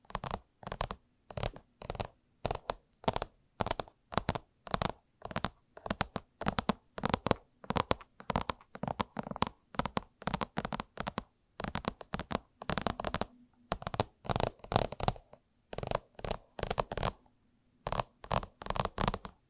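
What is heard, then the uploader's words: Crisp tapping runs throughout in quick bursts, each tap sharp and bright with a short thump underneath. The rhythm is fast but uneven, with brief pauses around 13 and 15 seconds, over a faint low hum. ASMR Irresistible Tapping For 1 Hour （No Talking）.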